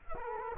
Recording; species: mosquito wingbeat signal from an infrared sensor; Culex quinquefasciatus